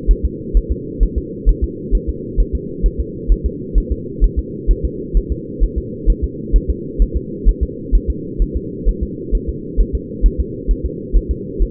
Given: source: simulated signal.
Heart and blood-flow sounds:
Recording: fetal heart sounds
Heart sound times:
0.11 s: S1
0.25 s: S2
0.57 s: S1
0.72 s: S2
1.03 s: S1
1.18 s: S2
1.49 s: S1
1.64 s: S2
1.95 s: S1
2.09 s: S2
2.40 s: S1
2.55 s: S2
2.86 s: S1
3.00 s: S2
3.32 s: S1
3.46 s: S2
3.78 s: S1
3.92 s: S2
4.24 s: S1
4.39 s: S2
4.71 s: S1
4.85 s: S2
5.17 s: S1
5.32 s: S2
5.64 s: S1
5.78 s: S2
6.10 s: S1
6.24 s: S2
6.56 s: S1
6.70 s: S2
7.02 s: S1
7.17 s: S2
7.48 s: S1
7.63 s: S2
7.95 s: S1
8.10 s: S2
8.42 s: S1
8.56 s: S2
8.89 s: S1
9.03 s: S2
9.35 s: S1
9.49 s: S2
9.80 s: S1
9.95 s: S2
10.26 s: S1
10.40 s: S2
10.71 s: S1
10.86 s: S2
11.16 s: S1
11.31 s: S2
11.62 s: S1
From the record:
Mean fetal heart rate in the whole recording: 130 bpm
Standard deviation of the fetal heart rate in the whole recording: 2 bpm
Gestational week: 36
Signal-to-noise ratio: -4.1 dB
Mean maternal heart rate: no maternal heart sound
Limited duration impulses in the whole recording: absent

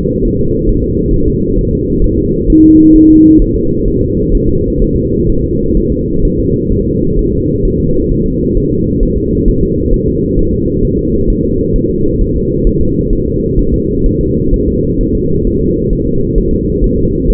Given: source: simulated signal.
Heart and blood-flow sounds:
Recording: fetal heart sounds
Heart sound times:
0.25 s: S1
0.39 s: S2
0.69 s: S1
0.84 s: S2
1.14 s: S1
1.28 s: S2
1.58 s: S1
1.73 s: S2
2.04 s: S1
2.19 s: S2
2.50 s: S1
2.64 s: S2
2.96 s: S1
3.10 s: S2
3.42 s: S1
3.56 s: S2
3.88 s: S1
4.02 s: S2
4.35 s: S1
4.49 s: S2
4.82 s: S1
4.96 s: S2
5.29 s: S1
5.44 s: S2
5.77 s: S1
5.92 s: S2
6.25 s: S1
6.39 s: S2
6.72 s: S1
6.87 s: S2
7.19 s: S1
7.33 s: S2
7.65 s: S1
7.80 s: S2
8.11 s: S1
8.26 s: S2
8.57 s: S1
8.72 s: S2
9.03 s: S1
9.17 s: S2
9.48 s: S1
9.63 s: S2
9.94 s: S1
10.08 s: S2
10.39 s: S1
10.53 s: S2
10.84 s: S1
10.99 s: S2
11.30 s: S1
11.45 s: S2
11.76 s: S1
11.90 s: S2
12.21 s: S1
12.36 s: S2
12.67 s: S1
12.81 s: S2
13.13 s: S1
13.27 s: S2
13.59 s: S1
13.74 s: S2
14.06 s: S1
14.21 s: S2
14.54 s: S1
14.68 s: S2
15.01 s: S1
15.15 s: S2
15.47 s: S1
15.62 s: S2
15.93 s: S1
16.07 s: S2
16.38 s: S1
16.53 s: S2
16.84 s: S1
16.98 s: S2
17.30 s: S1
From the record:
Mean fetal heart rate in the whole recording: 130 bpm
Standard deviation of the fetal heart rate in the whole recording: 4 bpm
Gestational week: 38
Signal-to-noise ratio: -15.3 dB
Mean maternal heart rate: 72 bpm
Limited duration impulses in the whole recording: present

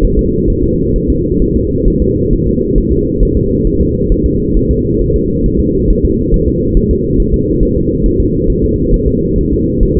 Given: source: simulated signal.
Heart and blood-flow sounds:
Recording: fetal heart sounds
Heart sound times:
0.05 s: S1
0.19 s: S2
0.50 s: S1
0.64 s: S2
0.96 s: S1
1.10 s: S2
1.42 s: S1
1.56 s: S2
1.88 s: S1
2.02 s: S2
2.33 s: S1
2.47 s: S2
2.78 s: S1
2.92 s: S2
3.23 s: S1
3.37 s: S2
3.67 s: S1
3.81 s: S2
4.12 s: S1
4.26 s: S2
4.57 s: S1
4.71 s: S2
5.02 s: S1
5.16 s: S2
5.46 s: S1
5.61 s: S2
5.90 s: S1
6.05 s: S2
6.34 s: S1
6.48 s: S2
6.77 s: S1
6.91 s: S2
7.20 s: S1
7.34 s: S2
7.63 s: S1
7.77 s: S2
8.06 s: S1
8.20 s: S2
8.50 s: S1
8.64 s: S2
8.94 s: S1
9.08 s: S2
9.38 s: S1
9.53 s: S2
9.83 s: S1
9.97 s: S2
From the record:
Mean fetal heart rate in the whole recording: 135 bpm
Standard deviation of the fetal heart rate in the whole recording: 3 bpm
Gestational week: 36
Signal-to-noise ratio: -10.2 dB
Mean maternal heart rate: 72 bpm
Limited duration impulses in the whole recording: present

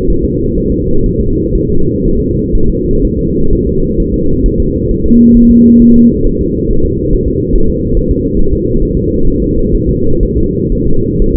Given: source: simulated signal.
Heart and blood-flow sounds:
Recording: fetal heart sounds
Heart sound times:
0.10 s: S1
0.25 s: S2
0.58 s: S1
0.72 s: S2
1.06 s: S1
1.20 s: S2
1.55 s: S1
1.70 s: S2
2.05 s: S1
2.19 s: S2
2.55 s: S1
2.69 s: S2
3.05 s: S1
3.19 s: S2
3.53 s: S1
3.67 s: S2
4.00 s: S1
4.14 s: S2
4.46 s: S1
4.60 s: S2
4.91 s: S1
5.06 s: S2
5.37 s: S1
5.51 s: S2
5.82 s: S1
5.96 s: S2
6.27 s: S1
6.41 s: S2
6.71 s: S1
6.85 s: S2
7.13 s: S1
7.28 s: S2
7.55 s: S1
7.70 s: S2
7.97 s: S1
8.11 s: S2
8.39 s: S1
8.53 s: S2
8.83 s: S1
8.97 s: S2
9.28 s: S1
9.42 s: S2
9.75 s: S1
9.89 s: S2
10.23 s: S1
10.37 s: S2
10.72 s: S1
10.87 s: S2
11.22 s: S1
11.36 s: S2
From the record:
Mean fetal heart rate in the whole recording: 130 bpm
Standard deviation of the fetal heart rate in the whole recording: 4 bpm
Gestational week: 38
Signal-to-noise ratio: -17.7 dB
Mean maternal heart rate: 72 bpm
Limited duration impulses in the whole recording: present

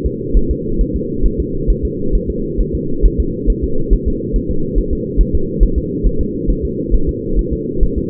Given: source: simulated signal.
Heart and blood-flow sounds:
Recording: fetal heart sounds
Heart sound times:
0.06 s: S2
0.37 s: S1
0.51 s: S2
0.81 s: S1
0.96 s: S2
1.26 s: S1
1.40 s: S2
1.70 s: S1
1.85 s: S2
2.15 s: S1
2.30 s: S2
2.61 s: S1
2.75 s: S2
3.06 s: S1
3.20 s: S2
3.50 s: S1
3.64 s: S2
3.93 s: S1
4.08 s: S2
4.36 s: S1
4.51 s: S2
4.78 s: S1
4.93 s: S2
5.21 s: S1
5.35 s: S2
5.63 s: S1
5.78 s: S2
6.06 s: S1
6.21 s: S2
6.50 s: S1
6.65 s: S2
6.94 s: S1
7.09 s: S2
7.39 s: S1
7.53 s: S2
7.83 s: S1
7.98 s: S2
From the record:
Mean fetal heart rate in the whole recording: 135 bpm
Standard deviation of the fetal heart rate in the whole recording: 3 bpm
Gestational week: 36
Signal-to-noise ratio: -8.1 dB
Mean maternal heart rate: 72 bpm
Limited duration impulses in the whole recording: absent

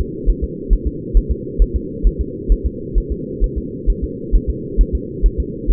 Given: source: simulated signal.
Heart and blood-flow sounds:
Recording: fetal heart sounds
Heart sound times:
0.01 s: S2
0.29 s: S1
0.44 s: S2
0.73 s: S1
0.87 s: S2
1.17 s: S1
1.31 s: S2
1.62 s: S1
1.76 s: S2
2.07 s: S1
2.21 s: S2
2.52 s: S1
2.66 s: S2
2.98 s: S1
3.12 s: S2
3.44 s: S1
3.58 s: S2
3.90 s: S1
4.04 s: S2
4.35 s: S1
4.50 s: S2
4.81 s: S1
4.95 s: S2
5.26 s: S1
5.40 s: S2
5.71 s: S1
From the record:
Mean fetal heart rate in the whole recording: 135 bpm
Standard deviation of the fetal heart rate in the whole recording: 3 bpm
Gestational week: 36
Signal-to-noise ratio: -4.1 dB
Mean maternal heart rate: no maternal heart sound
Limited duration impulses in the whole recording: absent

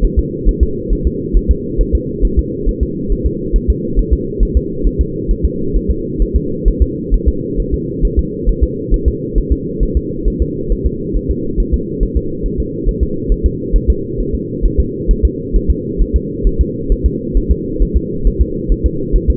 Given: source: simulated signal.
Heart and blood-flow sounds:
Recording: fetal heart sounds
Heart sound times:
0.05 s: S1
0.19 s: S2
0.49 s: S1
0.63 s: S2
0.93 s: S1
1.07 s: S2
1.37 s: S1
1.51 s: S2
1.81 s: S1
1.95 s: S2
2.25 s: S1
2.39 s: S2
2.69 s: S1
2.83 s: S2
3.12 s: S1
3.27 s: S2
3.56 s: S1
3.70 s: S2
3.99 s: S1
4.13 s: S2
4.43 s: S1
4.57 s: S2
4.87 s: S1
5.01 s: S2
5.31 s: S1
5.45 s: S2
5.76 s: S1
5.91 s: S2
6.22 s: S1
6.36 s: S2
6.68 s: S1
6.82 s: S2
7.14 s: S1
7.28 s: S2
7.60 s: S1
7.74 s: S2
8.05 s: S1
8.19 s: S2
8.49 s: S1
8.64 s: S2
8.94 s: S1
9.08 s: S2
9.38 s: S1
9.52 s: S2
9.83 s: S1
9.97 s: S2
10.28 s: S1
10.42 s: S2
10.72 s: S1
10.86 s: S2
11.17 s: S1
11.31 s: S2
11.60 s: S1
11.74 s: S2
12.03 s: S1
12.17 s: S2
12.46 s: S1
12.60 s: S2
12.89 s: S1
13.03 s: S2
13.32 s: S1
13.46 s: S2
13.76 s: S1
13.90 s: S2
14.20 s: S1
14.34 s: S2
14.66 s: S1
14.80 s: S2
15.11 s: S1
15.25 s: S2
15.56 s: S1
15.70 s: S2
16.02 s: S1
16.16 s: S2
16.47 s: S1
16.61 s: S2
16.92 s: S1
17.06 s: S2
17.37 s: S1
17.51 s: S2
17.83 s: S1
17.97 s: S2
18.27 s: S1
18.41 s: S2
18.72 s: S1
18.86 s: S2
19.16 s: S1
19.30 s: S2
From the record:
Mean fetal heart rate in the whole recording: 135 bpm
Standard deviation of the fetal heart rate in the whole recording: 3 bpm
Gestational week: 36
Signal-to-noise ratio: -6.6 dB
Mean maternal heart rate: 72 bpm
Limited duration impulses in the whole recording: present

